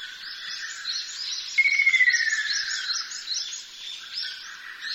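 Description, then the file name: Ruddy kingfisher giving one descending rattling trill of quick beats, dropping in pitch across about a second and a half, against a steady wash of insect and bird chirping. "akashobin"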